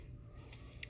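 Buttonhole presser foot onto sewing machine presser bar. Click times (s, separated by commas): 0.8 s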